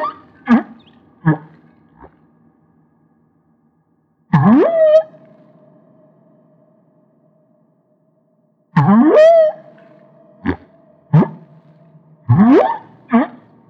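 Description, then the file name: Humpback whale song: short sharp pulses, then a rising whoop that levels into a long steady moan, repeated after a pause and followed by more brief pulses. Recorded off Maui. "Humpback Whale - Maui Whale One"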